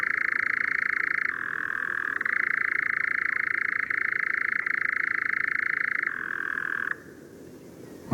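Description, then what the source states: European nightjar giving a continuous, even churr that briefly drops in pitch and recovers, drops again, then stops near the end. Singing at night in the dunes on Texel, in spring.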